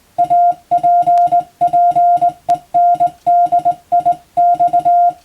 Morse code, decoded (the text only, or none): APPENDIX